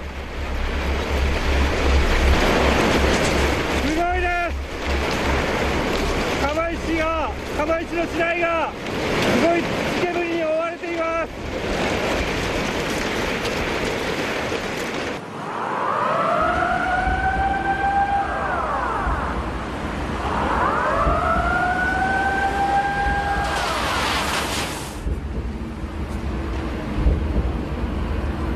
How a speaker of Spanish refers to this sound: Hay un sonido grabado de cuando llega la ola a Fukushima y cuando suena la alarma.